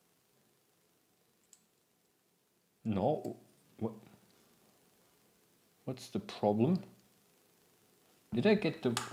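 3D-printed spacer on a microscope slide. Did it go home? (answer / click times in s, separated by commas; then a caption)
no / none. A 3D-printed plastic spacer is pressed onto a microscope slide for dry-mounted specimens such as crystals, without nail polish, and a faint tick is heard at about 1.5 s before someone talks. Nothing has seated or clicked yet; the spacer does not lock because it is one of the larger ones and does not fit.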